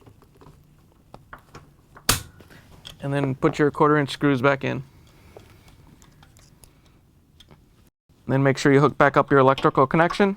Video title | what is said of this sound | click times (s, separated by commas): How To: Whirlpool/KitchenAid/Maytag Heavy Duty Motor Coupling 285852A | with the upper one in you can go ahead and reach down and put the lower one in snap in place | 2.1 s